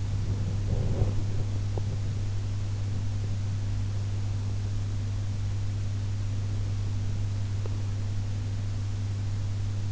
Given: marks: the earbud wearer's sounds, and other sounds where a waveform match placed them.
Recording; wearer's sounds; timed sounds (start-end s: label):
sounds in sleep by an in-ear microphone; body movement
0.00-2.57 s: body movement